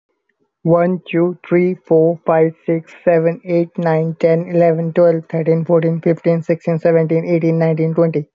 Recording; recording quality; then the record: counting at a fast pace; excellent, no background noise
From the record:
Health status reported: healthy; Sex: male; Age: 23 years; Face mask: not worn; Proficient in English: yes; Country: India